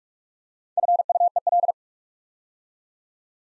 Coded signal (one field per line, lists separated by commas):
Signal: Morse code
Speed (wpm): 44 wpm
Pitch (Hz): 700 Hz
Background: none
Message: FUEL